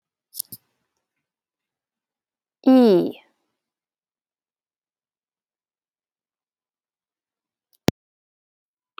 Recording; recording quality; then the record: sustained vowel as in beet; excellent, no background noise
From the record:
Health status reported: healthy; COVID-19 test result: not tested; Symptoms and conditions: none ticked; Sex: female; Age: 48 years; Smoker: not ticked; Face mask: not worn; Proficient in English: yes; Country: United States